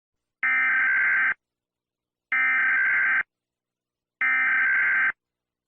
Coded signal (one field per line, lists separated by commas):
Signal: Emergency Alert System (SAME) tones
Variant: header bursts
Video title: Eas alarms I finally did it